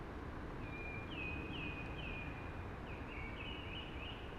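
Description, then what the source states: Eurasian blackbird delivering a run of mellow, slurred notes in two linked phrases against steady hushing background noise. Singing early, amongst hushing conifers.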